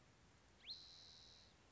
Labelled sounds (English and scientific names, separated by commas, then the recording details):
Spotted Towhee (Pipilo maculatus)
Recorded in Sonoma County, California